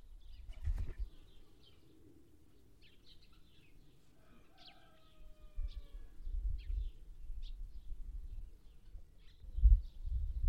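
Village sounds with scattered bird chirps and short calls over a low rumble, plus a few thumps near the start and near the end.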